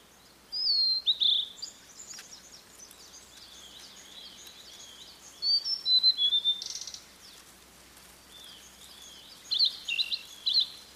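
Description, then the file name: Blue-and-white flycatcher song, high clear whistled phrases mixed with buzzy notes, given in three bursts over soft steady hiss. "oruri"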